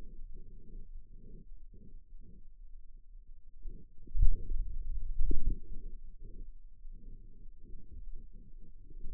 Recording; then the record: forearm muscle sounds (acoustic myography)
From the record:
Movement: finger pinch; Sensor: system 2, bracelet of six BSWA MPA416 microphones around the upper forearm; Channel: 4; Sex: male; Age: 22 years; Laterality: right